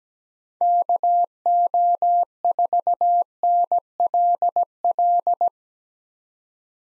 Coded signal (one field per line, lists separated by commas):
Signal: Morse code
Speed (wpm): 17 wpm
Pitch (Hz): 700 Hz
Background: none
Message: KO4NLL